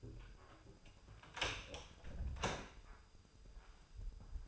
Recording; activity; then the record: daily activity, microphone in the room; close door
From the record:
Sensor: 2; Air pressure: 996.0 hPa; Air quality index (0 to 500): 62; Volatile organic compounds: 3 ppm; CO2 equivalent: 1370 ppm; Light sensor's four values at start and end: 12/28/12/12 and 11/27/11/12